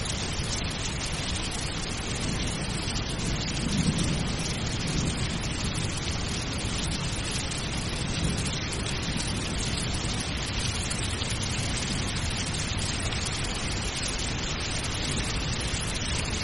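Heavy rain from a thunderstorm pours down in a dense, unbroken hiss that holds steady for the whole sixteen seconds. The sound fills everything from a low rumble up to a bright sizzle, with only a slight swell around the fourth second.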